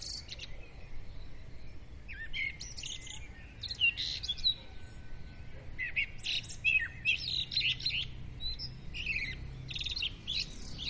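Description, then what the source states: Birds sing in dense bursts of high chirps and whistled notes, busiest in the second half, with a faint low hum beneath. Dawn bird chorus, recorded at dawn with a Zoom recorder.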